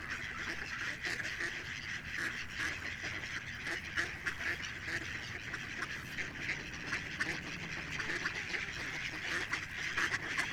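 Ducks producing a constant din of overlapping quacks, with some louder bursts.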